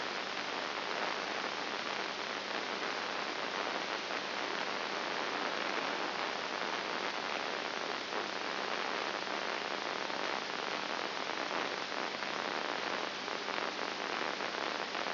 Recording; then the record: brain microelectrode recording played as sound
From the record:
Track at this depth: inside the subthalamic nucleus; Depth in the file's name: 4.501 mm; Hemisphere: right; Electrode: 2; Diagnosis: Parkinson's disease